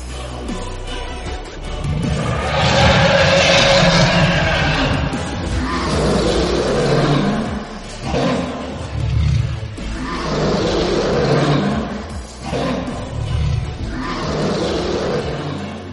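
Deep, rumbling roars swell and fade in repeated waves, loud and sustained with a growling low end and a harsh, breathy upper layer: a dragon bellowing over and over as it soars up into the clouds.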